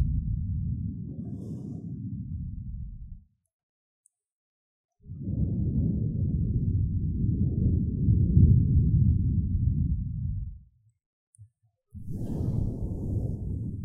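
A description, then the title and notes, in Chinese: Air is blown across a microphone in three bursts of low, muffled, rough rumbling: one lasting about three seconds, a longer one from five to nearly eleven seconds that swells in the middle, and a final one starting near twelve. Dead silence separates them. NO Talking。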